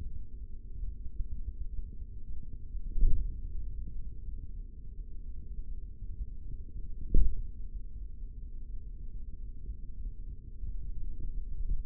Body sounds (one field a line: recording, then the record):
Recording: forearm muscle sounds (acoustic myography)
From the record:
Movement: hand opening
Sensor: system 3, bracelet of six PUI Audio POM-2738L microphones around the upper forearm, with dedicated amplification and filtering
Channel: 4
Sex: male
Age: 56 years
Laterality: right